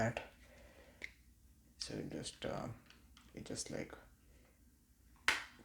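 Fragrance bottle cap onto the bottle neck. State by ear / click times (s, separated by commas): seated / 5.3 s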